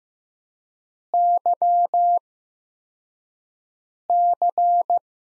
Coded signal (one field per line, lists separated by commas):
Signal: Morse code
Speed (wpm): 15 wpm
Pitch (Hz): 700 Hz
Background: none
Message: YC